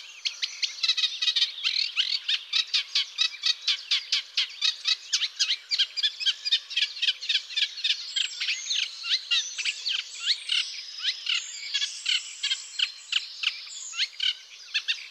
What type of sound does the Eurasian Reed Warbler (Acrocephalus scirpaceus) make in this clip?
song